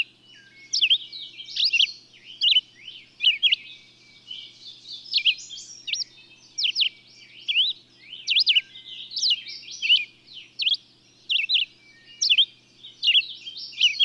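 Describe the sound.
Bird song: quick, varied whistled phrases swooping up and down, bursting out roughly once a second over a soft background twitter, with a faint low hum beneath.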